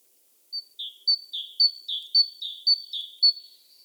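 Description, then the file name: Great tit giving a clear two-note phrase, a high thin note dropping to a lower one, repeated about six times in quick, steady rhythm against a quiet background. "Parus major"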